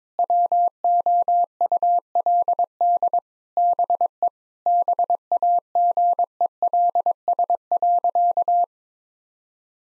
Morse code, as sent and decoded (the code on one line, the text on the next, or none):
.-- --- ..- .-.. -.. / -... . / -... .- --. . .-.. ... .-.-.-
WOULD BE BAGELS.